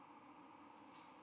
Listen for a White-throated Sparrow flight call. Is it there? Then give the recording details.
yes. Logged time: 09:24 on 31 October 2014